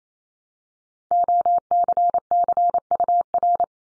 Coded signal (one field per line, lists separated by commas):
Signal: Morse code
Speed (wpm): 28 wpm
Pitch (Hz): 700 Hz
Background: none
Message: OCCUR